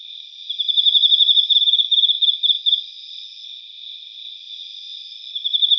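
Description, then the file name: Emma field cricket, a pulsed trilling song lasting about two seconds, then a softer continuous chirring before the song starts again. "Teleogryllus emma"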